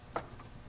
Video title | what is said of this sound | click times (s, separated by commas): How To Replace Engine Air Filter Toyota 4runner, 4.0L V6 | Push it until it clicks. | 0.2 s